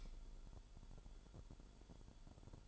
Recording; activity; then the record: daily activity, microphone in the room; light on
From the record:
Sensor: 5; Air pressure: 1008.0 hPa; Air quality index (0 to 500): 102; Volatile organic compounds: 1 ppm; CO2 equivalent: 792 ppm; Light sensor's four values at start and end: 30/69/28/27 and 30/70/28/27